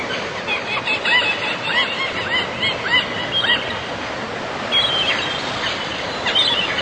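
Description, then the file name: Gulls call in short yelping notes that come in a quick series, then thin out into scattered cries. "Gaivotas"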